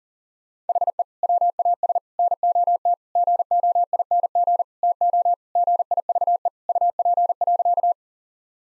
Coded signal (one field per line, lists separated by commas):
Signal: Morse code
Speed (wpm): 40 wpm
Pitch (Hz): 700 Hz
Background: none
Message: HE WAS NOT GOING TO GIVE UP.